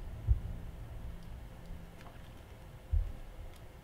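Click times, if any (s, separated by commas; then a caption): none. The plug from the right handguard of an LED signal light kit on a 2017–2022 Ski-Doo Rev Gen4 snowmobile is pushed into the female connector of the wiring harness. Only low, dull thumps near 0.3 and 3.0 seconds and a faint tick around 2.0 seconds are heard over a steady low hum. The connector goes in, but nothing has clicked.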